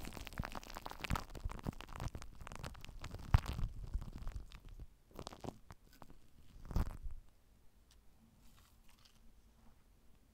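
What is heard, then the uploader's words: Shaving gel sputters and crackles in dense, wet bursts for the first four seconds, with a sharp pop near three seconds. Shorter squirts follow around five and seven seconds, the last one loud, then things settle into a faint hiss with a low hum. Super TINGLY Shaving Gel.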